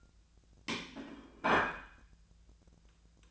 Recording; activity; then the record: daily activity, microphone in the room; place plate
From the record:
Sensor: 2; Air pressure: 1009.2 hPa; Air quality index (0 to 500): 186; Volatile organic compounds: 11 ppm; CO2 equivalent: 2318 ppm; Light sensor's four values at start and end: 21/52/22/24 and 21/52/22/24